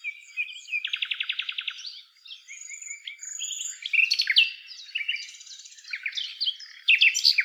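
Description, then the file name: Common nightingale song opening with a fast, even rattling trill of repeated notes, followed after a pause by jumbled chirps, whistles and crisp chattering phrases. "Luscinia megarhynchos"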